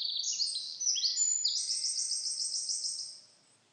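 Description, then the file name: Eurasian wren song: a few sharp high notes leading straight into a long, even, very fast trill that fades out near the end. "Troglodytes troglodytes"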